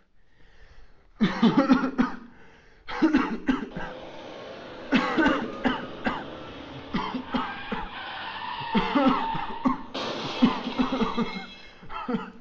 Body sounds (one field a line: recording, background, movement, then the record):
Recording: voluntary coughing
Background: traffic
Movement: sitting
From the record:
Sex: male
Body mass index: 21.0 kg/m2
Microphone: on the chest, facing outward